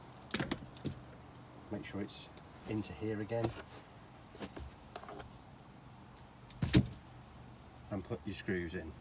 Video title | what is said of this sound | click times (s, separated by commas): Full Assembly: Keter Store It Out ULTRA | push it until it clicks | 0.3 s, 0.5 s